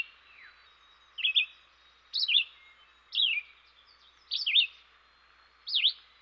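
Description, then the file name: Red-eyed vireo song: brief slurred whistled phrases of varied up-and-down shape, delivered roughly every second against soft background hiss. "dan-gibsons-solitudes red-eyed-vireo"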